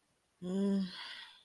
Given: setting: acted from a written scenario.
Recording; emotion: vocal sound without words; guilt